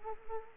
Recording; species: mosquito wingbeat signal from an infrared sensor; Anopheles arabiensis